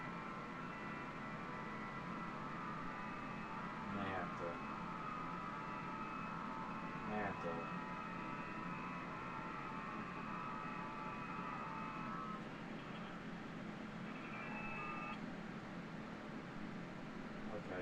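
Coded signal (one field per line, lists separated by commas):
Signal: FT8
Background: speech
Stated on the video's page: FT8 at QRP on 20 and 40 meters.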